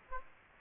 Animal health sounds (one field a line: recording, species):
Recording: mosquito wingbeat signal from an infrared sensor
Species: Aedes aegypti